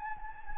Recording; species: mosquito wingbeat signal from an infrared sensor; Anopheles gambiae